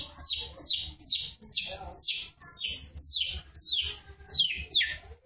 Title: Cendet Pentet